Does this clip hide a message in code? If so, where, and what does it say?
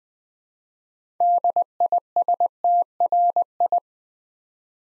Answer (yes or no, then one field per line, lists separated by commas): yes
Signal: Morse code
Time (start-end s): 1.2-3.8 s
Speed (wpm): 20 wpm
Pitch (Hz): 700 Hz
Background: none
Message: DISTRI